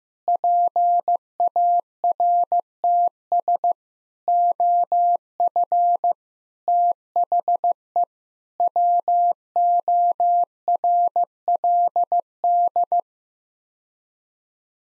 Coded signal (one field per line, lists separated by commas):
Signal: Morse code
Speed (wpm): 15 wpm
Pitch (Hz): 700 Hz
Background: none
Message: PARTS OF THE WORLD